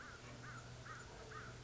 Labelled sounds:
American Crow
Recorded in Sonoma County, California

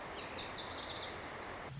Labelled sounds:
Lazuli Bunting
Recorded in Sonoma County, California

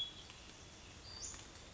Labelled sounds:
Western Flycatcher
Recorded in Sonoma County, California

